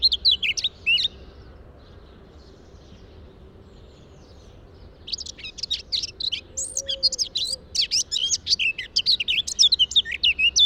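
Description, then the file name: Eurasian blackcap song: a short warbled burst, a long pause, then a busy run of sharp, high chattering notes. "Sylvia atricapilla"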